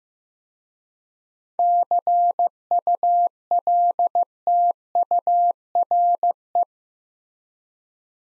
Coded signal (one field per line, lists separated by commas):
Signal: Morse code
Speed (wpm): 15 wpm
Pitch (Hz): 700 Hz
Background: none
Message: CULTURE